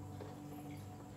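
The hinged plastic lid of a thermal stencil scanner is being handled after transfer paper has been fed into it, with only a low steady hum and faint shuffling sounds heard. No talking is heard. Nothing has seated or clicked yet; the lid has not latched shut by the end.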